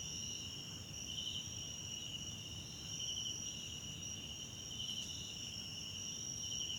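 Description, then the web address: Crickets trilling in a steady high chorus, two continuous bands with brighter pulsing bursts recurring over low rumbling background noise. Background chorus of South African crickets recorded at night in a wetland park at Kosi Forest Lodge, South Africa. "Tonschliff - SOUTH AFRICAN CRICKETS BG South Africa Wetland Park Kosi Forest Lodge Night"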